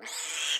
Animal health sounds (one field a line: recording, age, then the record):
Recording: pig call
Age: piglet (1 to 25 days)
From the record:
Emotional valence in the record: negative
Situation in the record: restrain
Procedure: in the arms of a person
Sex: female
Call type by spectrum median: high-frequency call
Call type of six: high-frequency modulated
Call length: 0.60 s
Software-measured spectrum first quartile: 2878 Hz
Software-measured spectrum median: 4023 Hz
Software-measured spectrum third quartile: 7040 Hz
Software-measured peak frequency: 3239 Hz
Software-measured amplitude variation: 103 dB a second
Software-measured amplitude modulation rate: 25.8 a second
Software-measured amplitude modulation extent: 4.0 dB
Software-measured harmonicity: 1.0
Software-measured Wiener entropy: -1.77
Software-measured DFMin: 883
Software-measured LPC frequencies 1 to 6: 954, 1727, 3232, 4878, 6919, 7985 Hz